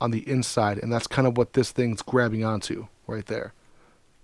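A person speaks steadily from 0.0 to about 3.5 s, and only faint room noise follows until the end at 4.3 s. No sharp click or snap stands out, so the part has not seated yet.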